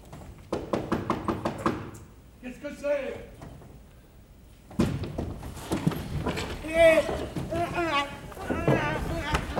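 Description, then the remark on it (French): A quick run of about eight sharp knocks on a door, evenly spaced, then a pause and voices talking over a low background. “Et si on veut avoir un guide, il faut frapper à la porte pour les sortir du lit.”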